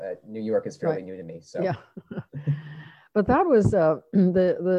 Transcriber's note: laughter